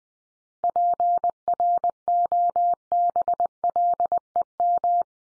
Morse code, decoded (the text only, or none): PROBLEM